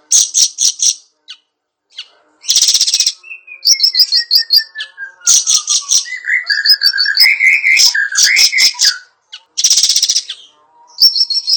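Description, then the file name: Bayeman song packed with harsh buzzy bursts, rapid high trills and lower warbled whistles, including a long slowly falling whistled note. "suara burung bayeman"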